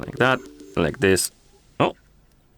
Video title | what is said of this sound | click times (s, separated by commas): Hama Fit Watch 5000 – How to Change Straps | why did why didn't it lock in? Come on. | none